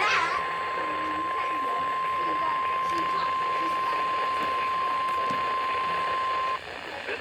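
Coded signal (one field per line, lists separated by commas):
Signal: Emergency Alert System (SAME) tones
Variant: 1050 Hz attention tone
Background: speech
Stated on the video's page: EAS/NWR Required Weekly Test, the last of the month.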